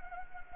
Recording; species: mosquito wingbeat signal from an infrared sensor; Anopheles arabiensis